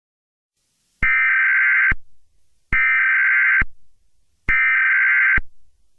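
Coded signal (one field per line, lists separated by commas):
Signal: Emergency Alert System (SAME) tones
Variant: header bursts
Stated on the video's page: Fan-made fictional EAS scenario, not a real alert.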